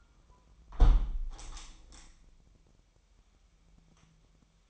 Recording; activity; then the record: daily activity, microphone in the room; close window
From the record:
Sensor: 1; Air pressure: 997.9 hPa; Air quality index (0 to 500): 129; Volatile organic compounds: 4 ppm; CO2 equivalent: 1544 ppm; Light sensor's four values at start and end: 17/56/22/23 and 17/56/23/23